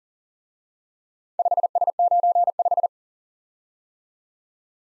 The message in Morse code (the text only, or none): 5S95